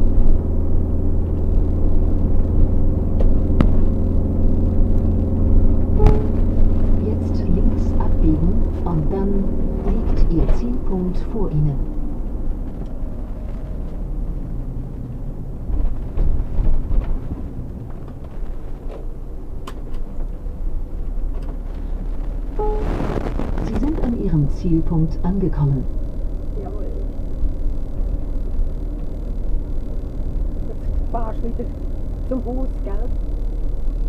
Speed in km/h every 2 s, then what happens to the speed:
44, 46, 46, 46, 42, 35, 24, 16, 0, 16, 16, 18, 20, 20, 20, 20, 20.
0-7 steady at about 46. 7-15 brakes to 0. 15-17 standing. 17-24 pulls away to 20. 24-34 steady at about 20.